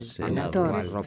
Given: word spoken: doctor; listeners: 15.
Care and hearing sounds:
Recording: one Spanish word in noise, from a listening test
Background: four-talker babble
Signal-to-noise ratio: -0.1 dB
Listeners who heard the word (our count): 0 of 15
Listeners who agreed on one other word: 8 of 15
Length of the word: 0.67 s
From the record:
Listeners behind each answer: 8, 1, 1, 1, 1, 1, 1, 1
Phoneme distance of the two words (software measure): 17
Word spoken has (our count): 2 syllables, 6 phonemes, stress on syllable 2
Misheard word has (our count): 2 syllables, 5 phonemes, stress on syllable 2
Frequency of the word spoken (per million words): 114.88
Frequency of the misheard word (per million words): 55.56

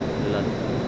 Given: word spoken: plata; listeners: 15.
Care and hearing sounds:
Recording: one Spanish word in noise, from a listening test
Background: speech-shaped noise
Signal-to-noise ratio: -5.2 dB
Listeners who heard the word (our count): 0 of 15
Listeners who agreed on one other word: 7 of 15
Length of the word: 0.48 s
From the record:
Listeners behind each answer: 7, 5, 1, 1, 1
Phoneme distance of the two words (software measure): 7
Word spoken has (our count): 2 syllables, 5 phonemes, stress on syllable 1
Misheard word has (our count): 2 syllables, 6 phonemes, stress on syllable 1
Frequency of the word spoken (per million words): 73.26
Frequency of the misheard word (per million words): 69.40

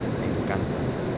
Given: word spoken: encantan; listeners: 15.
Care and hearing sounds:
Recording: one Spanish word in noise, from a listening test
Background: speech-shaped noise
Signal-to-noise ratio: -5.3 dB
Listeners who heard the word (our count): 0 of 15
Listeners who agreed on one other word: 9 of 15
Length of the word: 0.78 s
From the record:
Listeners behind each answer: 9, 3, 1, 1, 1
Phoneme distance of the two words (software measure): 17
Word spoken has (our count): 3 syllables, 8 phonemes, stress on syllable 2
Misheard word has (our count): 3 syllables, 7 phonemes, stress on syllable 2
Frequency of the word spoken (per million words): 1.80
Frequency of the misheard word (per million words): 12.59

